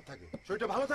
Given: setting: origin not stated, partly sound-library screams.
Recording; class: one-second piece from a danger detection set; normal situation